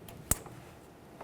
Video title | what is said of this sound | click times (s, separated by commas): How to Replace Front ABS Wheel Speed Sensor 2009-2010 Pontiac Vibe | listen for a click | 0.3 s